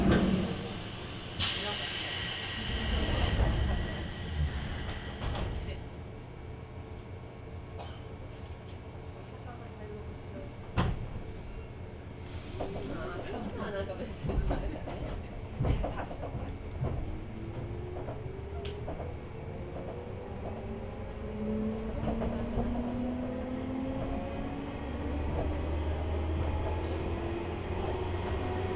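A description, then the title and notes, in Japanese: A Chuo East Line local train runs between Otsuki and Takao, its low rumble steady underneath with scattered clicks and knocks from the rails. A bright hiss bursts in around two to five seconds. After twenty seconds, a rising motor whine climbs as the train gathers speed. 中央東線普通 大月→高尾。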